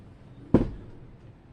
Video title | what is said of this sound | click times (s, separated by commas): JATT Caravan Hire -Everything inside the Van | And then once it's clunked on the roof there, you'll know that it's down, sitting nicely on the roof. | 0.6 s